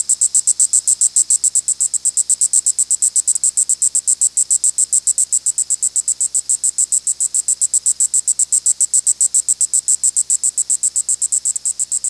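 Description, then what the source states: Cicada song, a high buzzy pulsing that repeats steadily and rapidly throughout, with no other sounds. Recorded in Michigan.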